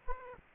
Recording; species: mosquito wingbeat signal from an infrared sensor; Aedes aegypti